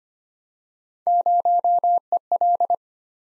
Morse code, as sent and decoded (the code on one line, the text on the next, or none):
----- . .-..
0EL